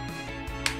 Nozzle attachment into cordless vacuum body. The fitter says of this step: akan bunyi klik pilih